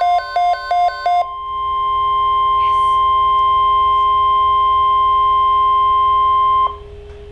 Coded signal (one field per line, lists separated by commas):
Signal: Emergency Alert System (SAME) tones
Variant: 1050 Hz attention tone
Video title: Severe Thunderstorm Watch (EAS #42)